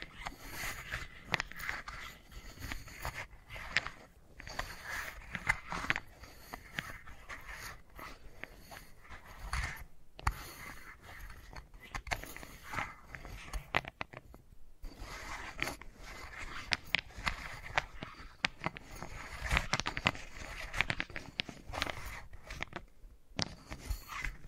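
Wooden balls roll and knock in dense, continuous clicking and rattling, with brief pauses near ten, fifteen and twenty-three seconds.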